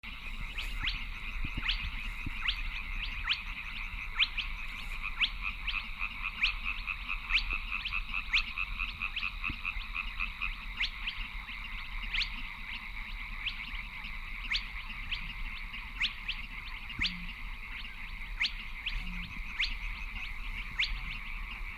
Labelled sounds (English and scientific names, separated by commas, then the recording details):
Spotted Crake (Porzana porzana)
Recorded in the wild
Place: Kützerhof, Kummerower See, Mecklenburg-Vorpommern, DE
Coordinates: 53.8536, 12.8581
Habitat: wetland
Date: 2009-05-07 23:45
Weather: bedeckt, windstill, ca. 10°C
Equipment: Sound Devices 702, Sennheiser MKH 70, Rycote Windschutz
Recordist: Frommolt, Karl-Heinz
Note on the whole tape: Große Rosin: Rufreihen einer Tüpfelralle. Entfernung ca. 20 m. Ruft in der Nähe von Station D